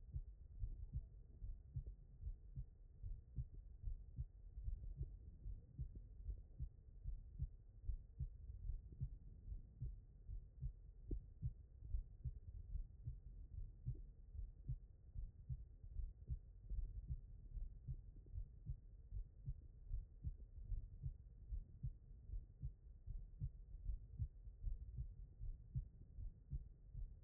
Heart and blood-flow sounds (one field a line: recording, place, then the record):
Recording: heart sounds by stethoscope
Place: aortic valve (AV)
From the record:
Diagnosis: non-HFrEF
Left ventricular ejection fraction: 66%